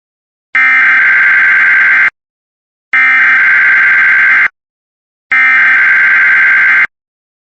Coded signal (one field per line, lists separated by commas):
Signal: Emergency Alert System (SAME) tones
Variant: header bursts